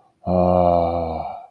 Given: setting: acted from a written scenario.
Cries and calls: vocal sound without words; sadness

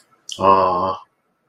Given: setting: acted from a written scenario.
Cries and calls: vocal sound without words; adoration

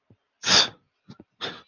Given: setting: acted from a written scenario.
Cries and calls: vocal sound without words; contempt

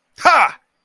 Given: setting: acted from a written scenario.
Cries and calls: vocal sound without words; triumph

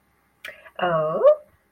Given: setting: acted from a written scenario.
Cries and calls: vocal sound without words; interest

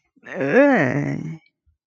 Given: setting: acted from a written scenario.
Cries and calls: vocal sound without words; disgust

